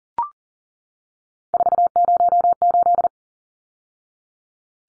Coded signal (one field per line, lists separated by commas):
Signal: Morse code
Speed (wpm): 40 wpm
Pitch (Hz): 700 Hz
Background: none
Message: 408